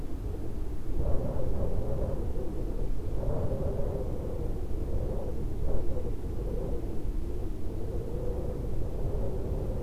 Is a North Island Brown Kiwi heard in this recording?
no